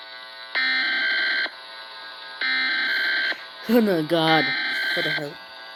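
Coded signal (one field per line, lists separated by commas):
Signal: Emergency Alert System (SAME) tones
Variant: header bursts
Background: speech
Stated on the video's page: Fictional EAS scenario with possibly valid tones, interrupting an MMD animation.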